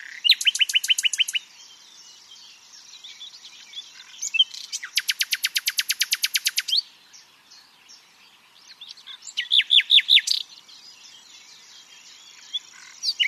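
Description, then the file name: Common nightingale song: several phrases of rapid repeated notes, including a long, even, machine-gun burst of about two seconds, separated by quieter twitters. "Luscinia megarhynchos"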